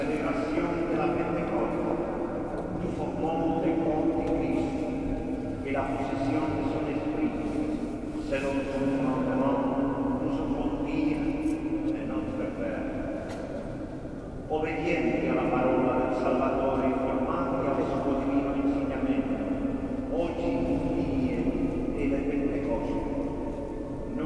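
A single male voice speaks at a steady, measured pace during a service in the basilica, his words ringing out into a long, booming church reverberation. Phrases arrive with short pauses, and the level stays fairly even throughout, with a low room hum underneath.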